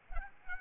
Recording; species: mosquito wingbeat signal from an infrared sensor; Aedes albopictus